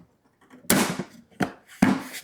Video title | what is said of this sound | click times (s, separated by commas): Fully Autonomous YARBO SNOW BLOWER: Real World Test - Real World Results *no hype* | I think that just connects right in there and this just snaps back into place | 0.7 s